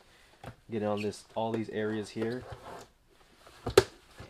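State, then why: Seated. Someone talks while pressing a heated plastic LED diffusion panel into a custom Acura Integra tail light housing. A faint tick at 3.7 s is followed by a sharp snap at 3.8 s as the panel seats in place.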